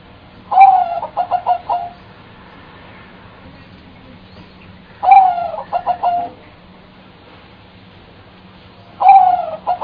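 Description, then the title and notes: Bird repeating the same phrase three times, roughly every four seconds: a falling cooing note followed by three rapid pulses. "Bird Sound. Kicau Burung Lengkap"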